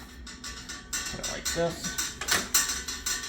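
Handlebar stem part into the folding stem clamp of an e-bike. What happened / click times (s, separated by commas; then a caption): The part is being handled and positioned but has not yet seated / none. A handlebar stem part on a Senada Austin folding e-bike has its groove lined up and is pushed toward the folding stem clamp during assembly, producing several short knocks and rattles of handling while someone talks. Nothing has seated or clicked into place yet by the end of the clip.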